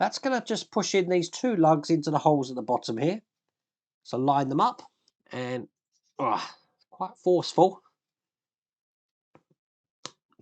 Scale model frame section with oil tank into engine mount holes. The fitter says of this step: in you heard it click into place there so that's the oil tanking and then